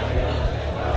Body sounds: background sound without coughing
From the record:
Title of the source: CITY SOUNDS Busy Bar in the Evening Night - 2 HOURS of Ambiance for Relaxation

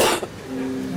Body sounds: coughing mixed with background sound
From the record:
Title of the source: 61 morning phlegmy cough...again

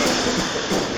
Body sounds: coughing mixed with background sound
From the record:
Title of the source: Spring Cold Coughing 3

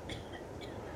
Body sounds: coughing mixed with background sound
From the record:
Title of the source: Female coughing - Sound effects

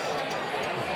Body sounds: coughing mixed with background sound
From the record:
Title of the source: Dry Coughing Fit in the Afternoon.

